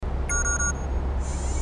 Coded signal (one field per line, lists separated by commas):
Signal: none